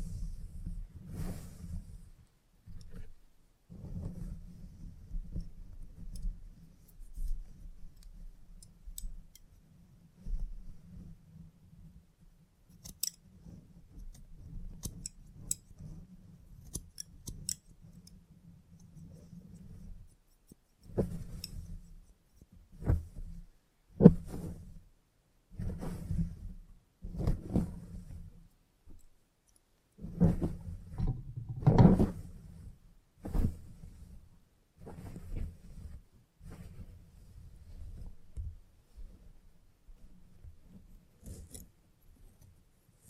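Haircut sounds with scissors snipping in short, irregular bursts, getting busier and sharper after about twenty seconds, with the densest cluster around thirty to thirty-three seconds. A low steady hum sits underneath most of the first twenty seconds, then comes and goes.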